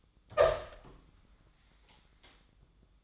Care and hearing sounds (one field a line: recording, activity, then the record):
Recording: daily activity, microphone in the room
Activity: open door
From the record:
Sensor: 3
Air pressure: 1004.8 hPa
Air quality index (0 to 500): 76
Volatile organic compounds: 2 ppm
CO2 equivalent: 1150 ppm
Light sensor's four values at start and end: 8/19/8/7 and 8/19/7/7